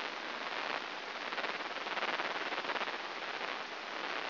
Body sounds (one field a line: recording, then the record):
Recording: brain microelectrode recording played as sound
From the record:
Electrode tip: inside the subthalamic nucleus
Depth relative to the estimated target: -1.5 mm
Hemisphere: right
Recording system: AlphaMap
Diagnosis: Parkinson's disease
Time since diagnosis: 7 years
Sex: female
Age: 49 years